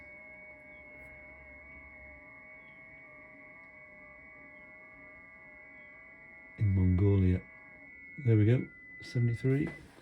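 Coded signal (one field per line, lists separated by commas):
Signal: FT8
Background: speech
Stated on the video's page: FT8 on 10 m using a homemade 3-element folded Mini-Horse yagi, hand-turned on a pole.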